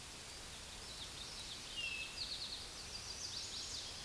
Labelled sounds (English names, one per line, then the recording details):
Eastern Towhee song
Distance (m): 35 m
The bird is about 10 m below the microphone
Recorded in a Pennsylvania forest on 16 May 2024 at 09:44
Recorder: AudioMoth, point MSD-1893
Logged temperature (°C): 16.6 °C
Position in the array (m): 3 m, 44 m